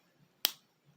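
A knock-off building-brick minifigure arm with a two-prong pin is pressed with a bit of pressure into the shoulder socket of a plastic torso. A single sharp, bright snap at 0.5 s is heard against near silence, with only faint low rustles before and after. The arm pops in and seats in the socket.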